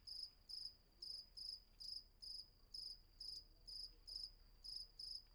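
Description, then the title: Cricket producing separate shrill chirps over quiet background hiss. Night ambience with crickets at Vagia, Patmos, Greece; recorded with Fostex FR-2 and MKH800 microphone. "Patmos, Vagia, Griechenland - Nachtsimmung 03, Grillen"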